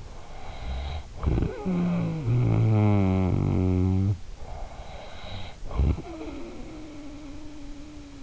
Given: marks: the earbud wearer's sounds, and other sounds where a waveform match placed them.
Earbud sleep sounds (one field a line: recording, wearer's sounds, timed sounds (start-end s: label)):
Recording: sounds in sleep by an in-ear microphone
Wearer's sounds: snoring breath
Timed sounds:
0.52-4.75 s: snoring breath
5.04-8.23 s: snoring breath